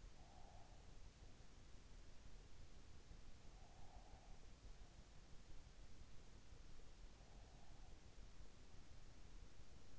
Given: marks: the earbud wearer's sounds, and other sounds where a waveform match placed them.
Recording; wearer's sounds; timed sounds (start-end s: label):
sounds in sleep by an in-ear microphone; breath
0.00-1.09 s: breath
3.58-4.60 s: breath